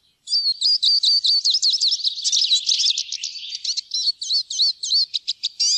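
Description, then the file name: Eurasian siskin pouring out a continuous, very rapid high twitter of wavering chirps, breaking into separate sharp notes toward the end. "groennsisik"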